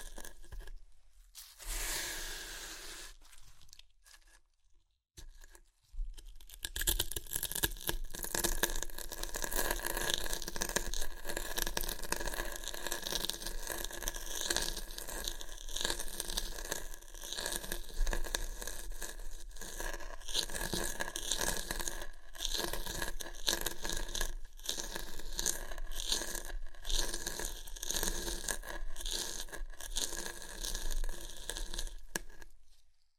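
Crunchy chips are crushed and chewed in a dense, crackling stream of sharp bits and rustles. A brief rustle near the start and a near-silent gap around five seconds come first. From about six seconds the crunching runs steadily to the end with frequent louder snaps.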